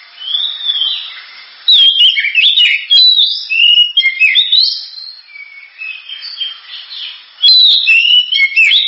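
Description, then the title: Oriental magpie-robin song: a varied, rich run of whistled phrases and quick chattering notes, with loud bursts near the start and end. Champion bird. "Kicau Burung Kacer Juara"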